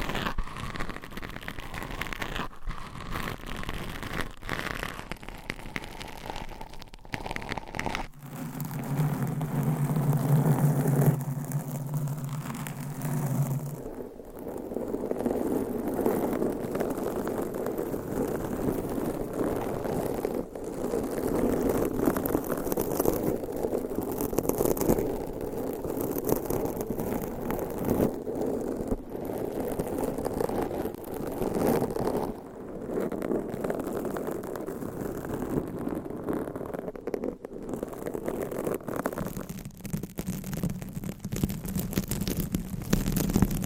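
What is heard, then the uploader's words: Fingernails scratch and rub over microphone covers in a continuous, dense rustle with no real pauses. The texture shifts around 8 and 14 seconds into a fuller, lower, rumbling scrape, then thins and brightens again near 40 seconds. ASMR Mic Scratching - Brain Scratching with 54 DIFFERENT MICS Covers & Nails No Talking.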